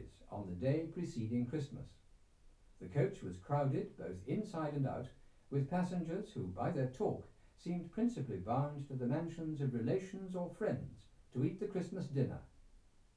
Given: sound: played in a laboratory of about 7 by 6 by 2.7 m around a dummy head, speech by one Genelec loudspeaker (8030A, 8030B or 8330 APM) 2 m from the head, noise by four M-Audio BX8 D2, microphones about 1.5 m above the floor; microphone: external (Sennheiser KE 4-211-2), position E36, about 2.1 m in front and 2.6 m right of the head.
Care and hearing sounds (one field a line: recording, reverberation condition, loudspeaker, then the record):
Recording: male speech in English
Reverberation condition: low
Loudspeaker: in front (0 degrees)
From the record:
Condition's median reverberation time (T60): about 310 ms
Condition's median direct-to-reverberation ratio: about 3.5 dB